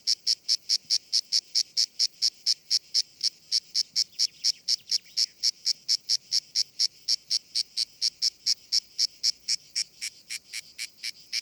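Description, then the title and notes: Grey cicada song of crisp, regularly spaced rasping pulses, clear against a quiet background. Known as Cacan in Provence; described as the most abundant and best-known cicada, easily recognised by its particular rhythm. "Nouvelle cigale dans &quot;ECOUTEZ NATURE&quot"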